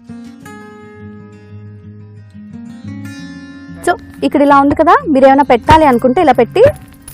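A plastic hand blender motor unit is fitted onto its attachment and twisted toward the lock. Background music with guitar-like tones plays while someone talks, with a faint knock at 0.5 s and a short sharp tick at 7.1 s. Nothing has seated or clicked yet, because the clip ends just before the part locks home.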